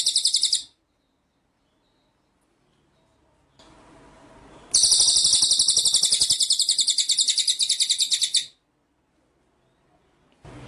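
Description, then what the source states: White-rumped shama song: short high trill fragment, silence, then a nearly four-second run of fast, shrill, pulsed trilling, followed by quiet and a fresh start. Masteran (training) track of murai batu in full rolling ('ngerol') and 'nembak' song style.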